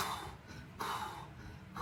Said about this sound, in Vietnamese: những tiếng thở gấp liên tục vang lên. Ông chàng đầu trọc dẫn đầu những thành phần cốt cán của trấn lao như điên về phía trước.